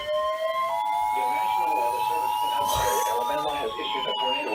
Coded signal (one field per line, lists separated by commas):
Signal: Emergency Alert System (SAME) tones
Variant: 853 and 960 Hz attention tone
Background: speech